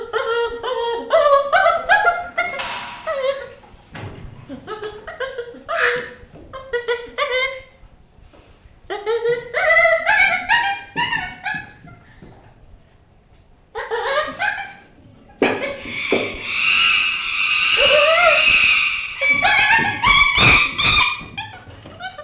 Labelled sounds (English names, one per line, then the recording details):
Chimpanzee
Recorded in captivity
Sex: diverse
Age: juvenile
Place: Zoo Rostock, Mecklenburg-Vorpommern, DE
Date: 1965-09-01 15:00
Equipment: Uher 4200 Report Monitor, Sennheiser MD 421, Transistorverstärker 2
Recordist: Tembrock, Günter